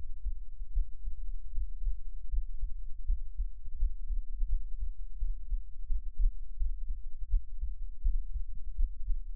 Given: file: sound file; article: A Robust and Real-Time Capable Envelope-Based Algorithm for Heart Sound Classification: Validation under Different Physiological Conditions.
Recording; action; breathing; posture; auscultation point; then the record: heart sounds by electronic stethoscope; rest; normal; sitting; Erb’s point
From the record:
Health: healthy, no known heart disease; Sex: male